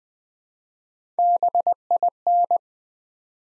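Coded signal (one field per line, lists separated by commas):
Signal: Morse code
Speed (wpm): 20 wpm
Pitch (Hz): 700 Hz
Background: none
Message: BIN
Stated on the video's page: Morse practice at 20 WPM for beginners, sending 3-letter words one letter at a time to build instant character recognition.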